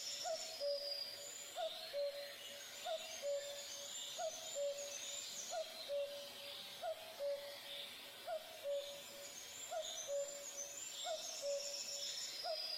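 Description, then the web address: Common cuckoo repeating its falling two-note cuckoo call steadily, about ten times, over busy high-pitched twittering of other birds. Recorded in forest. "Tajemnice puszczy Kukułka"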